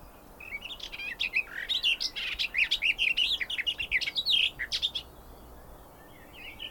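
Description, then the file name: Garden warbler song: a rapid, even-paced warbling phrase of mellow chirps and trills, lasting about four seconds, then quiet. "kerti poszata hangja"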